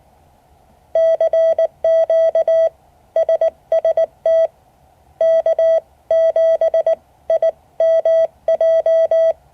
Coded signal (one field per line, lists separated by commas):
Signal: Morse code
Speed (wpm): 19 wpm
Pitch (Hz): 650 Hz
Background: none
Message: CQ SST K7IMJ